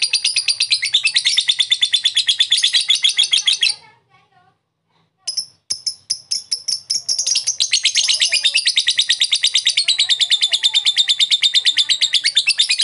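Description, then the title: Lovebird giving a long, fast rattling chatter of high buzzy notes, breaking off into a brief silence, then resuming with separate chirps that run back into continuous chatter. Pet lovebird giving long "ngekek" chatter, used for training other pet birds (masteran). "Love bird ngetik ngekek"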